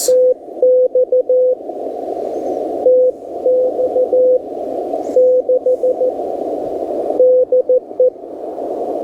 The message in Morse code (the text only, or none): TX TX 6 DE